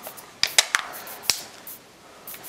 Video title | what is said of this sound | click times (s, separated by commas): Otterbox Defender Strength iPod iPhone Case Review | just like so again just like with the Nano you'll hear it snap into place | 0.4 s, 0.6 s, 0.8 s, 1.3 s